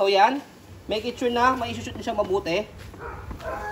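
An infant car seat is being handled onto the frame of a Maxi-Cosi Lila stroller while someone talks, with faint handling noise underneath the speech. Nothing has seated or clicked yet.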